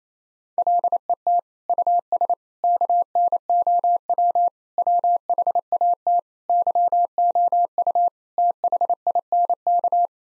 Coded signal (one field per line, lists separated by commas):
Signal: Morse code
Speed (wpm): 28 wpm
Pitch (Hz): 700 Hz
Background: none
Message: LET US KNOW WHAT YOU THINK